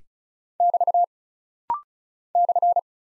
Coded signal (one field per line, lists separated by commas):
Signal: Morse code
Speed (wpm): 36 wpm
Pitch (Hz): 700 Hz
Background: none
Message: <BT> /